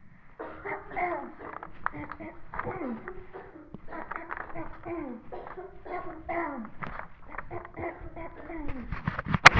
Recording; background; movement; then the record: throat clearing; a bystander coughing; walking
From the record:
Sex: female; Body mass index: 18.8 kg/m2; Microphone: on the chest, facing the body